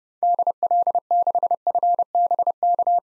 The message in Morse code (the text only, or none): DL6FBK